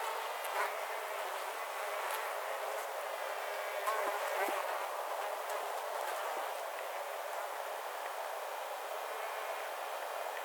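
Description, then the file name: Fly buzzing: continuous droning hum with steady harmonics, plus faint clicks. "Flies"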